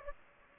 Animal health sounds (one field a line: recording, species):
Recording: mosquito wingbeat signal from an infrared sensor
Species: Aedes aegypti